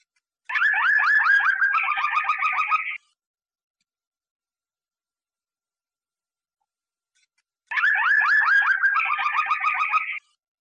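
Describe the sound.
Canary singing two dense bursts of about two and a half seconds each, layered rapid trills and buzzy notes, separated by a long silence.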